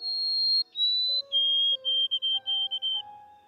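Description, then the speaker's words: White-throated sparrow singing clear whistles: two long high notes, then a lower held note and a run of short repeated notes. Male's song, played in a study to females hormonally charged for breeding season; it activated their mesolimbic reward pathway. "Female white-throated sparrows, hormonally charged for breeding season, were played songs of male white-throated sparrows."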